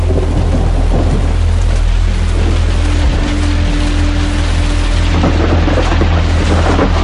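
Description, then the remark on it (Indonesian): Heavy rain pours down steadily in a dense, continuous hiss where passengers have just stepped off an angkot minibus, with a deep low rumble running underneath throughout and no voices. “Begitupun setelah turun dari angkot, ternyata hujan masih saja deras.”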